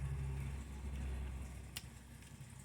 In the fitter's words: clicked into place so the only thing left to do is hang this Mount this